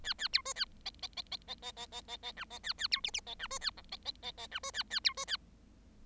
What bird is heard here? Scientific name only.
Lonchura striata domestica